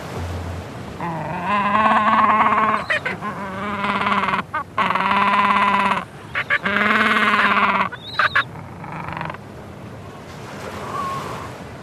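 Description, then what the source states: Gentoo penguin alarm calls: harsh braying honks come in repeated loud bursts, separated by quieter gaps with brief squeaks. Group of adult gentoo penguins disturbed by an intruder, giving alarm calls; Macquarie Island, 1,500 kilometres southeast of Tasmania.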